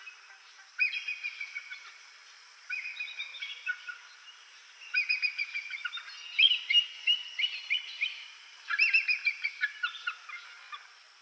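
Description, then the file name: Bald eagle chattering: bursts of quick, high, thin piping notes, each burst one to two seconds long and repeated every couple of seconds. "Golosa ptic - Belogolovyj orlan Haliaeetus leucocephalus"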